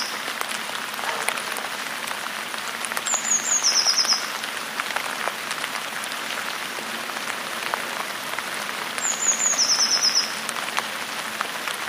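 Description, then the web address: Eurasian blue tit calling: two phrases of thin, high descending notes that drop into a quick trill, over steady hiss like falling rain. "wroblowe teka modraszkoteka"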